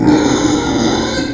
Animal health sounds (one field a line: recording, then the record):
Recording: squeal of a Yucatan mini pig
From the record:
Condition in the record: before surgery on the right vocal fold (resection and tissue-engineered implant)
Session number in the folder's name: 2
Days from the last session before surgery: -15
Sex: female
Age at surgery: 19 weeks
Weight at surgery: 25 kg